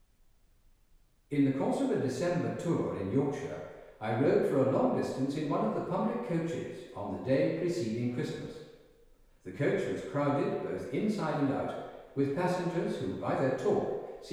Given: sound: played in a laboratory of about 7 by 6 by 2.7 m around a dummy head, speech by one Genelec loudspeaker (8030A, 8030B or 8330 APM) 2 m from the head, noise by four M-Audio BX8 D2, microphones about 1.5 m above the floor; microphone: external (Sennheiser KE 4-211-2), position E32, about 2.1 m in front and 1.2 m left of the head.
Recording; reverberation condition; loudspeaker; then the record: male speech in English; high; 90 degrees to the right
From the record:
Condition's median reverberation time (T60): about 1300 ms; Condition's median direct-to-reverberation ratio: about -4.0 dB